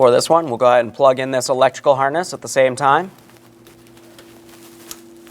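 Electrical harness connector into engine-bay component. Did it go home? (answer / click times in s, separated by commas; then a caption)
yes / 4.9 s. An electrical harness connector is pressed into its engine-bay socket while the upper intake plenum is reassembled on a 2011-2020 Toyota Sienna 3.5L V6. Someone talks for the first three seconds, then a few faint handling sounds follow. A sharp click at 4.9 s marks the connector seating.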